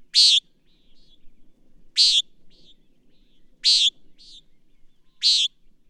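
Bird giving four short, bright chirps about every one and a half seconds, most followed by a softer, faint twitter.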